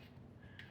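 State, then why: Seated. A plastic mode selector collar on a cordless drill is turned over a low background hum and snaps into the drill-mode position with a short, sharp click at 0.6 seconds. The collar is locked in drill mode.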